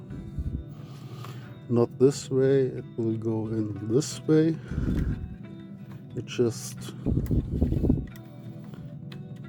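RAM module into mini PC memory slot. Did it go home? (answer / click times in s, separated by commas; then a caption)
yes / 8.7 s, 9.1 s. Someone talks while a DDR5 SO-DIMM RAM module is inserted at an angle into the memory slot of a Zotac Zbox CI629 mini PC (Intel i3-1315U, fanless) and pushed down. The two side retention clips snap in with two short clicks at 8.7 s and 9.1 s, and the module is seated.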